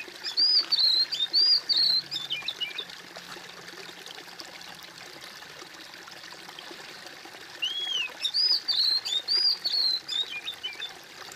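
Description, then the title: Bird song: two bursts of bright whistled, arching notes separated by a stretch of hiss. "kOMPILASI suara bird"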